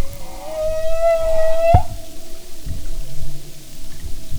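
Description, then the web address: Humpback whale song: a long, steady tonal moan with rich harmonics, ending abruptly with a sharp click, followed by a softer sustained tone and low grunts. "Sound and Marine Mammals humpback"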